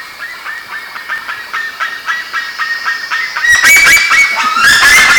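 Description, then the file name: Bird calls, regular nasal notes, then a sudden louder, rough flurry of calling. "SABIOD 50 bird 2015"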